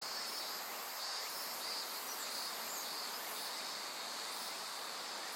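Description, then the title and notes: Insects calling in a steady high chorus, with a shrill band and fainter higher buzzes that pulse on and off, over a constant rushing of water. Various insects calling in a forest of dense trees beside the Azusa River, Shinano River system, Shinshu. "信州、川の森の音. 信濃川水系、梓川. 川のそばには木々が生い茂る森があり、いろんな虫たちの声を聴くことができました。"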